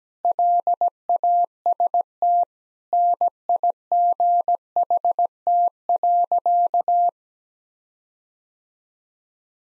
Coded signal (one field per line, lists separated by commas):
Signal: Morse code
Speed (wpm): 17 wpm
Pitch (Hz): 700 Hz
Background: none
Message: LAST NIGHT.